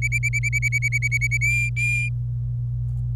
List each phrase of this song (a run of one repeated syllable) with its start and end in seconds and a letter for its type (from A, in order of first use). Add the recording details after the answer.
0.02-1.37 A, 1.41-2.09 B. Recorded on 26 April 2018 at 11:33. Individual llb3